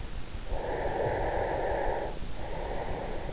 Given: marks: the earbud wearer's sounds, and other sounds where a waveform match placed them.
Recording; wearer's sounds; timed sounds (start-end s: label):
sounds in sleep by an in-ear microphone; breath
0.22-3.33 s: breath